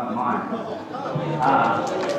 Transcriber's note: applause